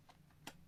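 An Analogue Pocket handheld game console is pushed into its TV dock, where a small clip catches and holds it firmly in place. A faint tick comes first, then a single sharp click at 0.5 s as the console seats in the dock.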